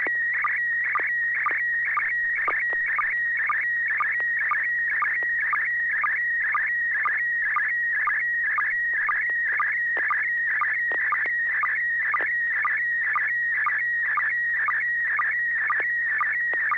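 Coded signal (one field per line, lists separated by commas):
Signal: SSTV (slow-scan television)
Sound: warbling high tone around 2 kHz with a short low blip roughly twice a second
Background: low steady hum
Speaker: uh well that came through very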